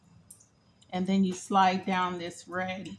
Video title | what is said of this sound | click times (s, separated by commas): 2005 Chrysler Town & Country, high mount stop light assembly | And this piece right here locks in place. | 0.3 s